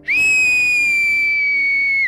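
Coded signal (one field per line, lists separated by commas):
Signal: whistled language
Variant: Turkish kuş dili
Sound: a single loud two-second whistle, rising briefly then gently falling in pitch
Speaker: hampir 1000 penduduk yang menghuni Desa ini berkomunikasi dengan siulan layaknya burung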